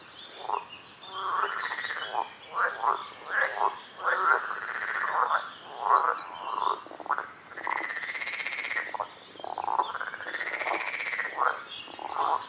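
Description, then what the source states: Frog croaking, rolling arched croaks that rise then fall, in an uneven rhythm of roughly one call per second. Recorded at a lake.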